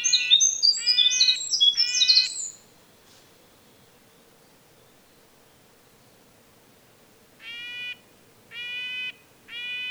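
Red-breasted nuthatch giving nasal, tinny honking notes, three in a row, with high twittering chirps from another bird over them; a pause, then three more nasal notes.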